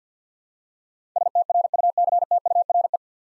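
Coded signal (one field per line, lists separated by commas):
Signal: Morse code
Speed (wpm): 47 wpm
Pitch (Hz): 700 Hz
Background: none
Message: STRUCTURE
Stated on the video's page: Morse practice at 50 wpm, 9-letter words with first 3 letters given, each word sent twice for head-copy and instant character recognition.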